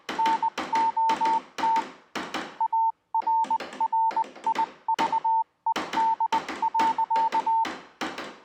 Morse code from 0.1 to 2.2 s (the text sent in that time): NOT